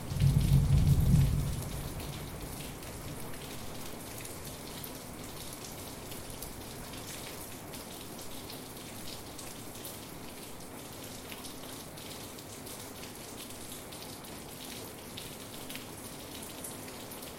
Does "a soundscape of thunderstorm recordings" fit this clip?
yes